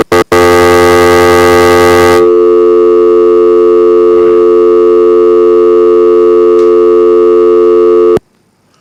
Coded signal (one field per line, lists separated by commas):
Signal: telephone call progress tone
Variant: North America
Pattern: dial tone